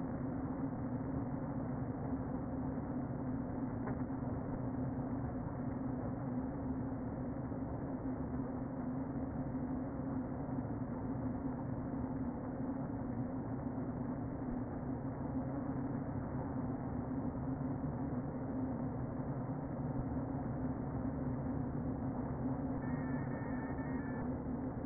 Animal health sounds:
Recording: honeybee colony, microphone inside the hive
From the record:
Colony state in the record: queen present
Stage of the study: before two queens were removed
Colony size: about 60,000 bees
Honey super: yes

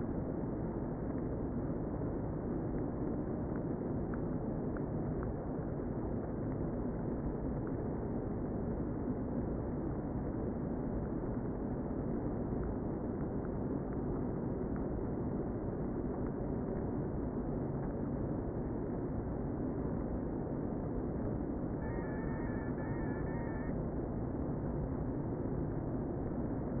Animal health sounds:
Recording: honeybee colony, microphone inside the hive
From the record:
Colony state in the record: queen present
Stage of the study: before two queens were removed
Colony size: about 60,000 bees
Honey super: yes

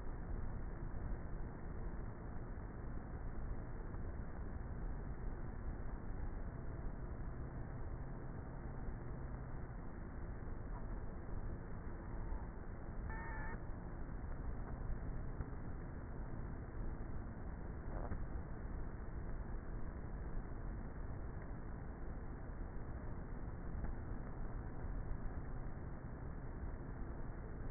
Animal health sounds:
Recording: honeybee colony, microphone inside the hive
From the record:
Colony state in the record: queenless with a low population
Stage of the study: before two queens were removed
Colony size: about 30,000 bees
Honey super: no

